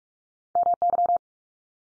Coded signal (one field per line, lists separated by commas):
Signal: Morse code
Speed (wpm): 44 wpm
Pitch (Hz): 700 Hz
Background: none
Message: MY